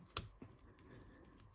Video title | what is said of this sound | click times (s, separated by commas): Ford F-150 Coolant Leak Fix Heater Core Inlet Hose Replacement How-To | same thing click that into place | 0.2 s